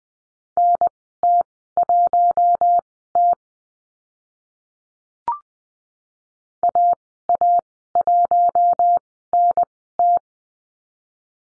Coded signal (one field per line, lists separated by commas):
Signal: Morse code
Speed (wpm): 20 wpm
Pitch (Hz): 700 Hz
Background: none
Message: NT1T AA1NT